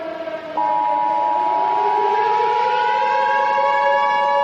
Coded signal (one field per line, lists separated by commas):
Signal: Emergency Alert System (SAME) tones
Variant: 853 and 960 Hz attention tone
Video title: EAS Scenario: Autumn's Ambush